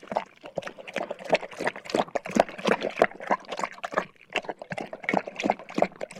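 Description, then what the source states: Dog lapping water, a rapid run of wet laps about three per second, with a brief pause midway. Dog drinking water from a bowl.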